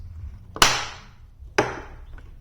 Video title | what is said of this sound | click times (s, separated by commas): How To Build a DIY Chicken Feeder | You hear those two snaps? | 0.6 s, 1.6 s